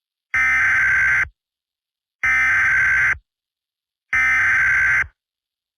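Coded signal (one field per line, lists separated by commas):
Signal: Emergency Alert System (SAME) tones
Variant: header bursts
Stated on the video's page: Fictional EAS scenario, not a real alert.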